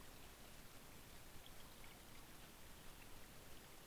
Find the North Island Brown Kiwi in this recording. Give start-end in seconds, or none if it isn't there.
none